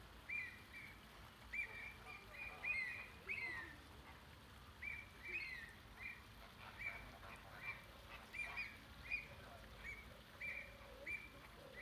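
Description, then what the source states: Flamingo group calling with repeated nasal honks in short bursts, several birds overlapping, with brief quieter gaps between bursts. Captive flamingos recorded in the flamingo enclosure at Bristol Zoo.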